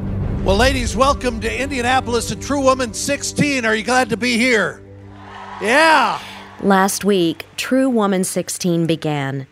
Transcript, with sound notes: Ladies, welcome to Indianapolis to True Woman '16! Are you glad to be here? (cheers)
Last week, True Woman '16 began.